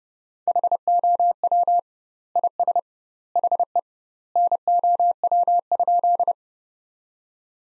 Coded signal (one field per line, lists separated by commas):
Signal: Morse code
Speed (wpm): 30 wpm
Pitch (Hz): 700 Hz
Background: none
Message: HOW IS HE NOW?